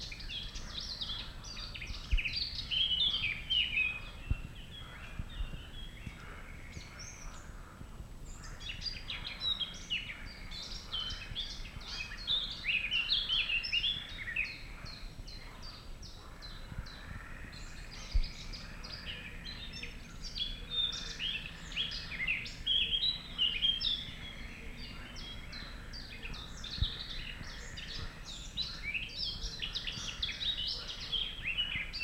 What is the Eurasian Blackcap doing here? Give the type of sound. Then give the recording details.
song. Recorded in the wild. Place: Schielleiten, Steiermark, AT. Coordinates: 47.2276, 15.8273. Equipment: Uher 4000. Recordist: Brunner, Thomas. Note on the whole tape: Mönchsgrasmücke, Gesang. 10. und 11. Juni 1968